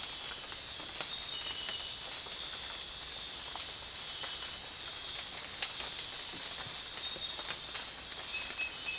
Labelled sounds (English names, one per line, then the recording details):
none
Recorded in dense forest near Puerto Asís, Putumayo, Colombia, on 26 December 2024 at 03:30
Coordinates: 0.484, -76.325
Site G056